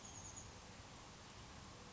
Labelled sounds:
Chestnut-backed Chickadee
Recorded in Sonoma County, California

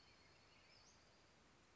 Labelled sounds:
Western Flycatcher
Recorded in Sonoma County, California

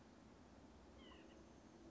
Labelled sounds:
White-breasted Nuthatch
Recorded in Sonoma County, California

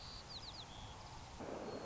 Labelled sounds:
White-crowned Sparrow
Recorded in Sonoma County, California

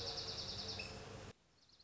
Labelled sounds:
Dark-eyed Junco
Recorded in Sonoma County, California

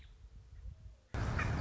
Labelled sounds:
Nuttall's Woodpecker
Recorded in Sonoma County, California

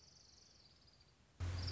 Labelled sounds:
Orange-crowned Warbler
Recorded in Sonoma County, California

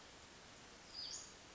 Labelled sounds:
Western Flycatcher
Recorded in Sonoma County, California

